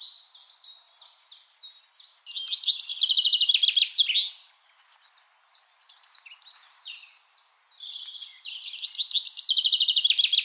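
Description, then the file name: Common chaffinch giving two bright trilled phrases several seconds apart, each about two seconds long, with softer notes between them. "Fringilla coelebs"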